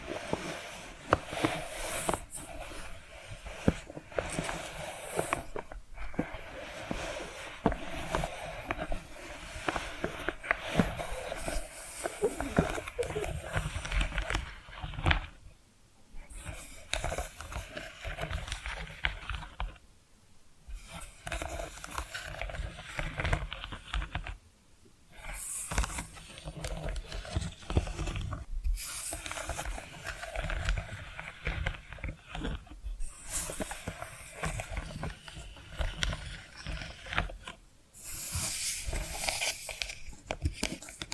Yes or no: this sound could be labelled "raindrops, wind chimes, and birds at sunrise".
no